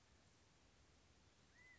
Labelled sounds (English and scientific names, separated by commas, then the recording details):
California Quail (Callipepla californica)
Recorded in Sonoma County, California